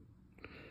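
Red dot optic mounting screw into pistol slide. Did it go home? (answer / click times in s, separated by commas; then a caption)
no / 0.4 s. A short driver bit tightens the small steel mounting screw of a Holosun EPS Carry red dot optic into the slide of a P365 Fuse pistol. Two quick, sharp ticks sound at about 0.4 and 0.5 seconds as the bit or screw head slips, over a low, steady background. The screw feels stripped, and the top of the sight is marred.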